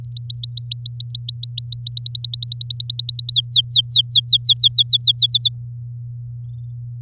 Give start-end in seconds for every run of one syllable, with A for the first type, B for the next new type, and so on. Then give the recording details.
0.04-1.95 A, 1.97-3.33 B, 3.34-5.27 C, 5.29-5.49 D. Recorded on 8 May 2018 at 09:06. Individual llb16